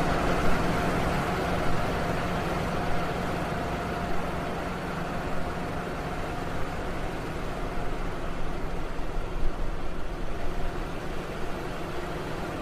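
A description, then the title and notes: A fan runs steadily with a dense, even whoosh that never lets up. A low hum sits underneath, with a faint thin tone riding higher up, and the level holds constant for the whole stretch with only small flickers. Fan Sound for Relaxing or Meditating.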